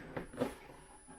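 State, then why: Not seated. A fiberglass fairing piece is handled as it is slid up into position at the elevator area of a Skymaster F-18 RC jet airframe. Two short handling scrapes are heard at about 0.2 and 0.4 seconds, followed by quieter rustling. Nothing has seated or clicked into place yet.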